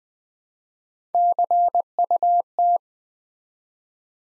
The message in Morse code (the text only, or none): CUT